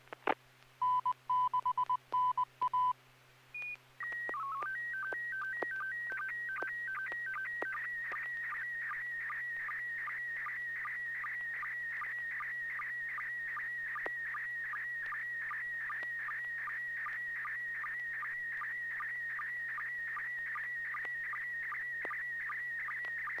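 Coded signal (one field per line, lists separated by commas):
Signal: SSTV (slow-scan television)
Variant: PD50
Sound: short Morse-like beeps, then a steady calibration tone and a rapid warbling with regular ticks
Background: low hum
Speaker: i'm going to transmit pd [Music] 50. c all right n6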